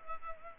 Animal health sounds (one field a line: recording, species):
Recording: mosquito wingbeat signal from an infrared sensor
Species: Culex pipiens